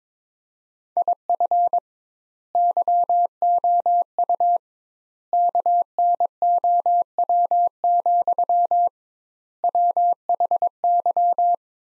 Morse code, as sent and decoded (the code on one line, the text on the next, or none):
.. ..-. / -.-- --- ..- / -.- -. --- .-- --..-- / .-- .... -.--
IF YOU KNOW, WHY